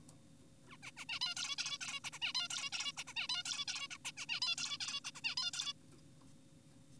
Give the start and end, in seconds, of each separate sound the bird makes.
0.68-0.77, 0.83-0.91, 0.97-1.05, 1.09-1.19, 1.21-1.35, 1.37-1.56, 1.58-1.78, 1.81-2.00, 2.04-2.10, 2.13-2.19, 2.22-2.33, 2.35-2.48, 2.50-2.70, 2.72-2.92, 2.97-3.04, 3.07-3.14, 3.16-3.27, 3.29-3.43, 3.46-3.65, 3.68-3.88, 3.91-3.98, 4.05-4.12, 4.17-4.26, 4.29-4.40, 4.42-4.56, 4.58-4.78, 4.80-5.00, 5.05-5.11, 5.15-5.21, 5.24-5.35, 5.37-5.51, 5.54-5.73